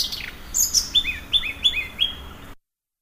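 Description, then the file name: Blue-throated flycatcher song: a series of high, clear whistled notes, several sliding downward, repeated in quick succession for about two and a half seconds. "kicau sikatan blue throated. omkicau"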